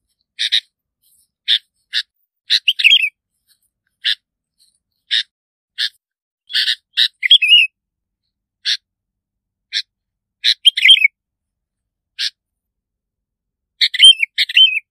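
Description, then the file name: Bulbul: an irregular series of short, harsh notes, broken now and then by brief warbled, downslurred phrases. "Tieng chao mao bong lau"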